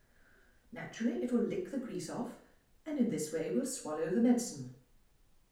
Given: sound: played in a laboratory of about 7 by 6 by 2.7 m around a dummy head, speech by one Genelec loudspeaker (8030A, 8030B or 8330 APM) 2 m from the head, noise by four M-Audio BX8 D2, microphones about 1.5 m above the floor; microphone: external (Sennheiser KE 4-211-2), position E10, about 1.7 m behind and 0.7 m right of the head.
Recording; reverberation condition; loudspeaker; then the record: female speech in English; medium; 90 degrees to the left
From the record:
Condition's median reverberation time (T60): about 510 ms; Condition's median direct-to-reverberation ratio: about -0.5 dB